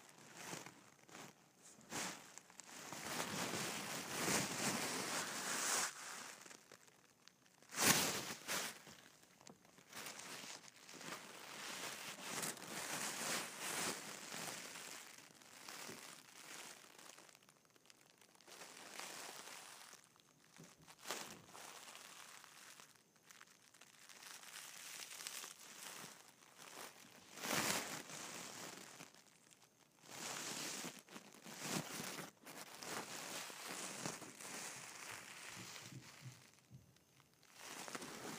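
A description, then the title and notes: Tissue paper and gift wrap rustle and crinkle in uneven bursts of soft, bright crackling that swell and fade throughout. A sharper crunch stands out near eight seconds, with other firm crinkles around twenty-seven and thirty-one seconds, and brief quiet gaps between handlings. ASMR Gift Wrapping and Tissue Paper.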